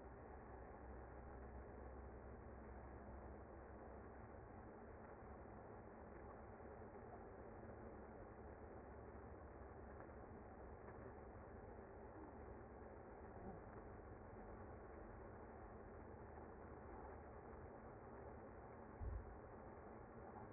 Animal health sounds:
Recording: honeybee colony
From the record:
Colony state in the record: active

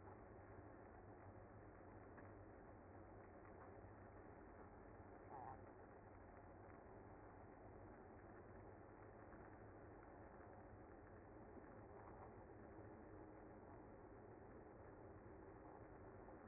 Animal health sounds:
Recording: honeybee colony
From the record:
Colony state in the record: active

